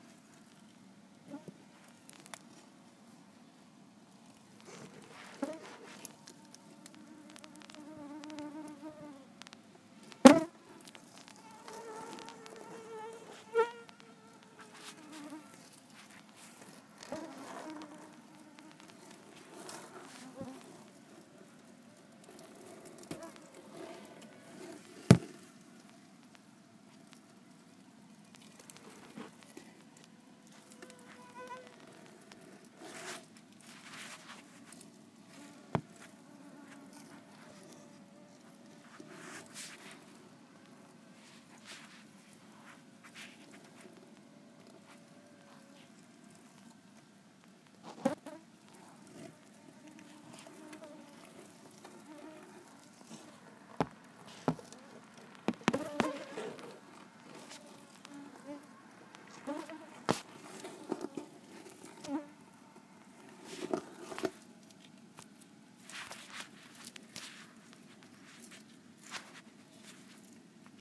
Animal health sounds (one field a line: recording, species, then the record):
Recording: mosquito flight sound by mobile phone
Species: Culex tarsalis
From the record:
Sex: female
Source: PrakashLab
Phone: iPhone 4S